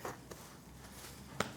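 A removable waist strap connector is pushed into its frame latch inside the hip area of a Peak Design outdoor backpack, then pulled to check it. Two soft handling sounds come at about 0.1 and 0.3 s, then one sharp click at 1.4 s as the strap seats and is connected.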